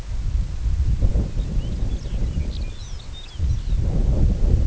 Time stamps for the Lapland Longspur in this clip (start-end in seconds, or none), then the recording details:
1.25-3.88. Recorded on Arctic tundra, site IGLO-D, on 19 June 2018. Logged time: 18:00